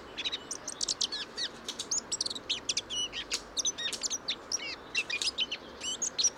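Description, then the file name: Eurasian blackcap calling, a fast run of short high chirping and twittering notes, sharp and closely spaced, over a steady background hiss. "Sylvia atricapilla"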